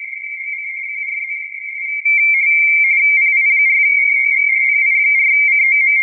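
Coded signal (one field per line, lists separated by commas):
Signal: RTTY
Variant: 45.45 baud, 170 Hz shift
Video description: A small snapshot of my screen, with N1MM + MMTTY + GRITTY during my QRP operation at the 2023 edition of CQWW RTTY. Did not remember the band at the recording moment. May be 10m (5W + Moxon).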